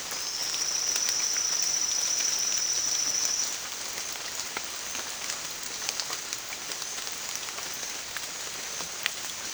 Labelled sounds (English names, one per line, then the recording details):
none
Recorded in dense forest near Puerto Asís, Putumayo, Colombia, on 25 June 2025 at 14:00
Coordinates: 0.468, -76.322
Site GP03